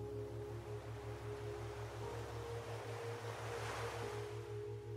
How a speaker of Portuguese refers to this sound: Vai e vem das ondas.